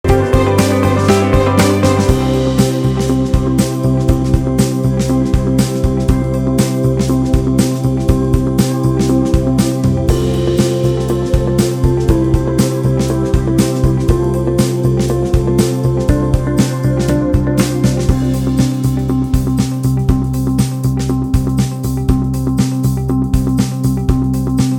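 An MRI scanner hums and knocks in a steady, rapid rhythm, with loud low tones and repeating mechanical pulses throughout.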